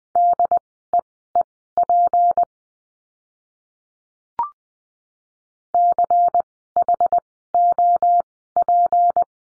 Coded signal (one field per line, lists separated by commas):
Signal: Morse code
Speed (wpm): 20 wpm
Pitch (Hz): 700 Hz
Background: none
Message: DEEP CHOP